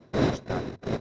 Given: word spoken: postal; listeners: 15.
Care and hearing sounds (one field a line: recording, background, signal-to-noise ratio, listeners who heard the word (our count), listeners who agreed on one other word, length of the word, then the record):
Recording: one Spanish word in noise, from a listening test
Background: noise modulated by one talker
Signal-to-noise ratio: -11.2 dB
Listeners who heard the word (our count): 0 of 15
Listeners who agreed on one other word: 10 of 15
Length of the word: 0.61 s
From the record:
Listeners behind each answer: 10, 1, 1, 1, 1, 1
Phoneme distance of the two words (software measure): 30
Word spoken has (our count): 2 syllables, 6 phonemes, stress on syllable 2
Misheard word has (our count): 2 syllables, 6 phonemes, stress on syllable 2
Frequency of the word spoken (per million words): 6.67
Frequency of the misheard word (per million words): 4.20